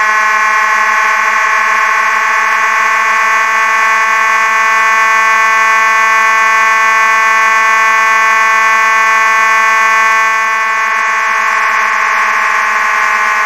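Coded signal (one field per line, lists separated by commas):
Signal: alarm pattern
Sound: a harsh, steady, buzzing fire alarm horn sounding continuously without pause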